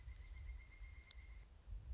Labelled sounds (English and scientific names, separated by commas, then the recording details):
Pileated Woodpecker (Dryocopus pileatus)
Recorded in Sonoma County, California